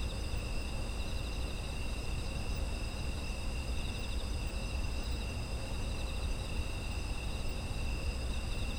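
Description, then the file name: Insects chirring in a steady chorus, several continuous high trills layered at different pitches without pause, over a constant low rumble. Autumn insect ambience, presented as background sound. "秋の虫の環境音"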